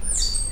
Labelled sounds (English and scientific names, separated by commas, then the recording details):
Stitchbird (Notiomystis cincta) song
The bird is a male
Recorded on Tiritiri Matangi Island, New Zealand, in 2005
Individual 20, of nest box 28